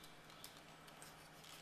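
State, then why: Not seated. An interchangeable three-pin plug head is handled against an HTC Wildfire phone charger body, lined up so it fits only one way before being pushed in and twisted to lock. Quiet rustling and light handling noise are heard, with a brief sharp tick at about 0.4 seconds. Nothing has seated or clicked into place yet.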